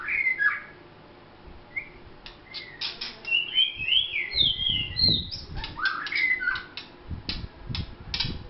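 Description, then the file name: White-rumped shama song: varied bright whistles and slurred phrases, with clicks and low thumping noises running beneath the singing. Vietnam. "shama vietnam omkicau"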